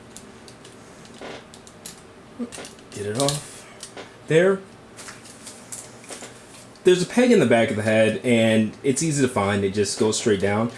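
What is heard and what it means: The top part of an action figure's head is held and lined up over a peg at the back of the head, ready to be pressed straight down. Small handling clicks and rustles are heard while someone talks. Nothing has seated or clicked yet.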